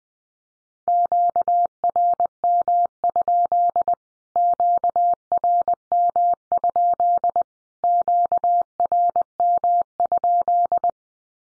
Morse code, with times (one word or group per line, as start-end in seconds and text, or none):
0.9-3.9 QRM?
4.4-7.4 QRM?
7.8-10.9 QRM?